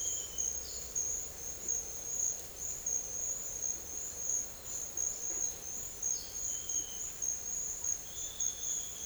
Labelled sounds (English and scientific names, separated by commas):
none